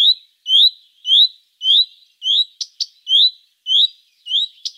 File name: Common Redstart